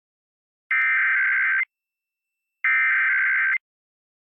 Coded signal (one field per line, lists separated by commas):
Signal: Emergency Alert System (SAME) tones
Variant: header bursts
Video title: EAS #49: Ohio December 2022 Required Monthly Test on WTRF